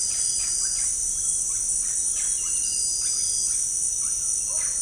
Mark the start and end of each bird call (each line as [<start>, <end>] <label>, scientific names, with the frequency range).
[0.17, 0.84] Psarocolius angustifrons (0.3-4.4 kHz)
[1.45, 2.55] Psarocolius angustifrons (0.6-4.1 kHz)
[2.92, 3.66] Psarocolius angustifrons (0.6-4.2 kHz)
[3.96, 4.16] Psarocolius angustifrons (0.8-3.9 kHz)
[4.50, 4.70] Psarocolius angustifrons (0.3-4.3 kHz)